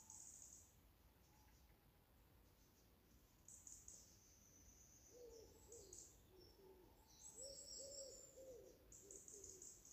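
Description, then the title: Owl hooting, faint wavering low notes in short runs, with high thin chirps above over a soft background hiss. Owl heard distantly at twilight just after 6.00am on an early-morning summer walk with a dog, Bishop Wood, summer 2021. "I Heard an Owl at Bishop Wood"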